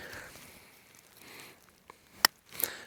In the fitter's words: That audible click was my night latch on my trap.